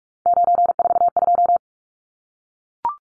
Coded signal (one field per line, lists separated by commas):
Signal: Morse code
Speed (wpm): 44 wpm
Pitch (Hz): 700 Hz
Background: none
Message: 942